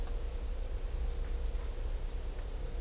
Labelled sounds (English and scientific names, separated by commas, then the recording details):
none
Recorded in dense forest near Puerto Asís, Putumayo, Colombia, on 16 December 2024 at 08:30
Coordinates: 0.500, -76.322
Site G053